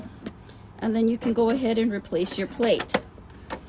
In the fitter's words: make sure it clicks properly